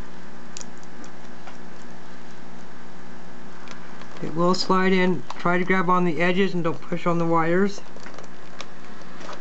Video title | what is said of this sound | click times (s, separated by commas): Laptop screen replacement/How to replace laptop screen Sony Vaio VGN-N250E | it locks in then you come over here | 8.6 s